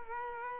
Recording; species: mosquito wingbeat signal from an infrared sensor; Culex quinquefasciatus